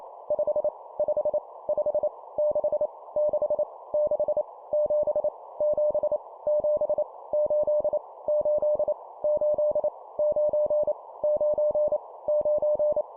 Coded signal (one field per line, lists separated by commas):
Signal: Morse code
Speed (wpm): 28 wpm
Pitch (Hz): 600 Hz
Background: none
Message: 5 5 5 6 6 6 7 7 7 8 8 8 9 9 9